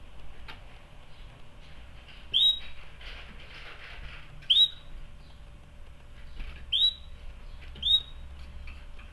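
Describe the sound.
Canary uttering four short upward-sliding chirps at uneven intervals, with light rustling and a low hum underneath.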